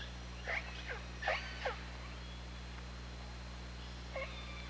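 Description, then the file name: Killer whale calls in quick succession, several short squealing pulsed calls within the first two seconds and one more near the end, with background hum. Recorded on the OrcaLab hydrophone, 24 August 2017, 21:36:46. "Orca Lab UTLN JASON 20170824 213646"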